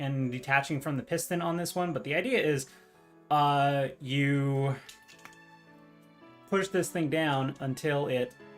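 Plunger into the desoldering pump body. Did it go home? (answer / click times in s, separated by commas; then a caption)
no / none. Someone talks while handling a replacement desoldering pump whose center rod keeps getting stuck and detaching from the piston, starting to push the spring-loaded plunger down into the pump body toward its cocked position. During a pause in the talking, faint handling noise and a brief soft tick come at about 5.3 s, but the plunger has not yet latched or seated by the end of the clip.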